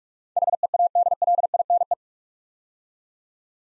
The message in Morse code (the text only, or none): HEADLINE